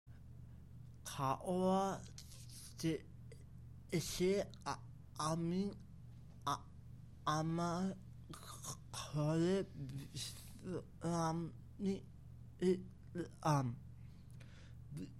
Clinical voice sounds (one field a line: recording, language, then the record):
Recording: elicited speech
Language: Bengali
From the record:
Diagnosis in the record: Broca's or global aphasia after a stroke